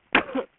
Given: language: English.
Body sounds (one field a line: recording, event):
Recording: throat vibration sensor signal played as sound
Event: cough